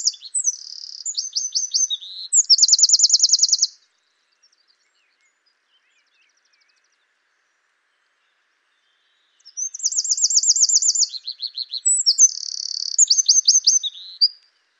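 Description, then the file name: Eurasian wren song in two bursts, each a rapid shrill sequence of rattling trills and quick descending notes, separated by about six seconds of silence. "Troglodytes troglodytes"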